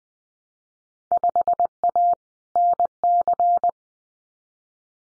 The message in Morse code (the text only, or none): 5A NC